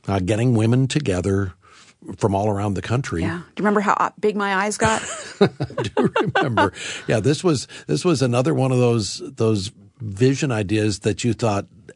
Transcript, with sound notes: getting women together from all around the country.
Yes, do you remember how big my eyes got?! (laughter)
I do remember! Yes, this was another one of those vision ideas that you thought,